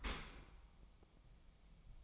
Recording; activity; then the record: daily activity, microphone in the room; open dishwasher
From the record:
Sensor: 1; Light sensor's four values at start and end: 9/21/8/9 and 9/21/8/9